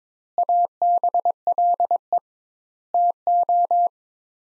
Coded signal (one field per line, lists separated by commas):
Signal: Morse code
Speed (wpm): 22 wpm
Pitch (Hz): 700 Hz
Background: none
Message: ABLE TO